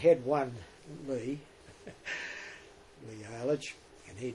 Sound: chuckle